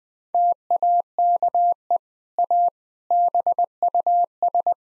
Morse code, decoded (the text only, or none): TAKE A BUS